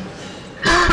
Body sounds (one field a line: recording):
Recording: coughing mixed with background sound